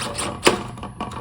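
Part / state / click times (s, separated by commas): pole saw head into extension shaft coupling / seated / 0.5 s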